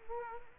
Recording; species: mosquito wingbeat signal from an infrared sensor; Culex quinquefasciatus